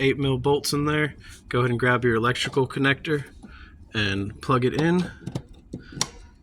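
On a 1998–2003 Dodge Ram Van, a plastic wiring harness electrical connector is plugged onto a new blower motor resistor that has just been bolted in with two 8mm bolts, while someone talks. A short, sharp snap at 6.0 s marks the connector latching home, confirming it is seated.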